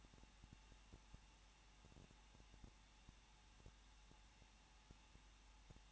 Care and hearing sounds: daily activity, microphone in the room; no activity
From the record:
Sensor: 1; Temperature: 20.1 degrees Celsius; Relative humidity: 39.1%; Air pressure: 1006.5 hPa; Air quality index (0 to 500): 216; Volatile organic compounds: 73 ppm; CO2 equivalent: 3542 ppm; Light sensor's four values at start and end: 1/2/1/1 and 1/2/1/1

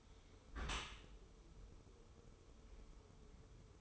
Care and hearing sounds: daily activity, microphone in the room; close dishwasher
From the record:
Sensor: 1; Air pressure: 1015.0 hPa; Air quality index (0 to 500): 25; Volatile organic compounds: 0 ppm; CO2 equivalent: 500 ppm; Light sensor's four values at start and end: 13/30/12/13 and 13/30/12/13

